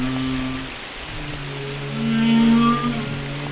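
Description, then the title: Whale song: steady low moaning tones that stack in layers, swelling louder in the second half, with a faint higher tone above. Whale songs described as carrying messages used in communication and social life. "Whale Wisdom: Understanding the Language of the Deep"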